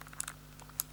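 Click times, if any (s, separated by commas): 0.8 s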